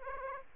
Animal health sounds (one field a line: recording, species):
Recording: mosquito wingbeat signal from an infrared sensor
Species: Aedes aegypti